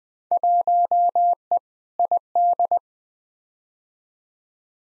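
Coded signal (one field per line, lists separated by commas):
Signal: Morse code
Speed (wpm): 20 wpm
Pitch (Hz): 700 Hz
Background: none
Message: 1E ID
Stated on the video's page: Field Day contest exchange practice at 20 wpm, each exchange sent in Morse, spoken, then sent again.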